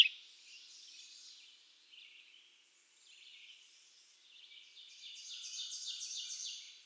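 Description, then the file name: Mourning Warbler song: short bursts of rapid, high chattering notes, ending in a louder run of quick repeated two-part phrases; no other clear sounds. "Geothlypis philadelphia - Mourning Warbler"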